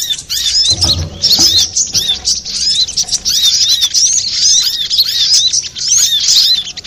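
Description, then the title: Little spiderhunter song, a high, hurried chatter of thin rising and falling notes, with a low thump early on. Masteran training recording for cage birds, labelled Labaik. "Sogok Ontong Labaik"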